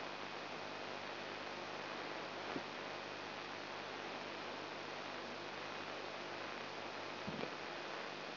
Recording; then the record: brain microelectrode recording played as sound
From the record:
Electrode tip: outside the subthalamic nucleus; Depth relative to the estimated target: 3 mm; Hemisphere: right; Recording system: AlphaMap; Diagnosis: Parkinson's disease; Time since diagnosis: 9 years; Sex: male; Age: 58 years